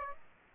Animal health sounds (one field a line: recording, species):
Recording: mosquito wingbeat signal from an infrared sensor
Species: Aedes aegypti